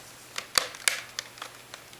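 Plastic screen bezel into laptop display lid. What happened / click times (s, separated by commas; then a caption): The plastic bezel clips snapped into place / 0.6 s, 0.9 s. A plastic screen bezel is pressed along the top edge of a Dell Vostro V12 laptop display lid, and its clips snap home with two sharp clicks at 0.6 s and 0.9 s. Fainter ticks are heard around 0.4 s, 1.2 s and 1.4 s. The bezel's top clips are confirmed seated.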